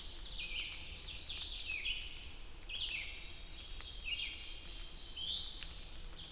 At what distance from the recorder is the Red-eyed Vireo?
about 40 m